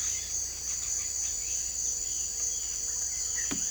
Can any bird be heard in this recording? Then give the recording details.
no. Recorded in secondary vegetation near Puerto Asís, Putumayo, Colombia, on 26 December 2024 at 06:30. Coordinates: 0.488, -76.319. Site GP04